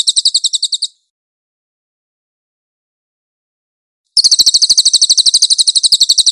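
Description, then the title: Pygmy Bushtit song: a brief high rapid trill, then about three seconds of silence, then another fast trill of sharp chirping notes. "SUARA BURUNG CILILIN"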